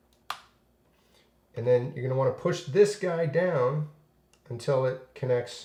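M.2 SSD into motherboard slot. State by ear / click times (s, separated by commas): seated / 0.3 s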